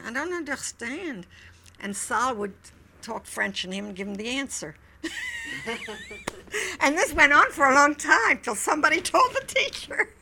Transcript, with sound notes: I don't understand." And Sol would talk French to him and give him the answer. ( she laughs ) And this went on for a long time till somebody told the teacher.